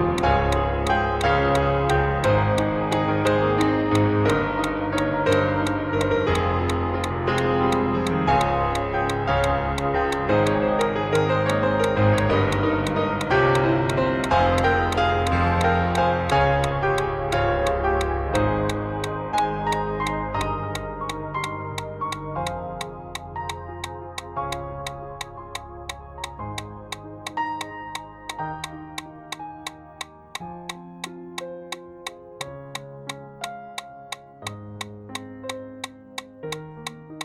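A metronome ticks fast and perfectly evenly, about three clicks per second, for the whole clip. Beneath it, sustained pitched tones sound full and loud for the first twenty seconds, then thin out and grow quieter, leaving sparser notes and the crisp ticking.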